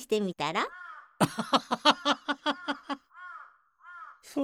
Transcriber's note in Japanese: 笑って